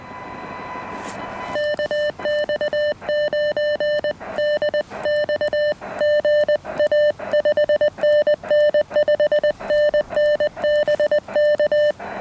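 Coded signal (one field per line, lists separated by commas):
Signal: Morse code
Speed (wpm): 20 wpm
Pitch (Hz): 600 Hz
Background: none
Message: KX9DX GA 5NN 5NN BK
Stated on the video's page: QRP park activation on an Elecraft KX1 keyed with a TP-III paddle, using an end-fed random wire antenna and battery power, in 28° weather.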